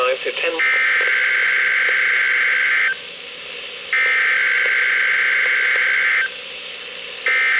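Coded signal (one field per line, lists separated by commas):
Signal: Emergency Alert System (SAME) tones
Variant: header bursts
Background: speech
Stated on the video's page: NOAA Weather Radio alerts from KHB36 162.550, WXM42 162.475, WNG736 162.450 and KEC83 162.400 MHz, received on Reecom and Sangean radios.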